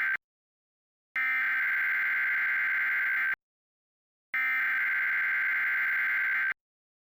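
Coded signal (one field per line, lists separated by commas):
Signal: Emergency Alert System (SAME) tones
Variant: header bursts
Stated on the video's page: Amber Alert EAS carried on MeTV station, recorded off the air.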